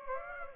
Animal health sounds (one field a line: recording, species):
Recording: mosquito wingbeat signal from an infrared sensor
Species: Aedes aegypti